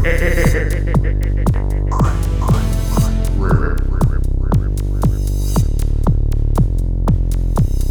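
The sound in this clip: Frogs calling with loud, knocking, downward-sliding notes repeated about twice a second, with a brief tangle of overlapping calls midway.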